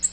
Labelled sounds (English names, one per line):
Nashville Warbler flight call